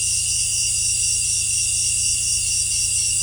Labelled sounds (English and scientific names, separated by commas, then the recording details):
none
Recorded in dense forest near Puerto Asís, Putumayo, Colombia, on 18 December 2024 at 18:30
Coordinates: 0.467, -76.328
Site GP05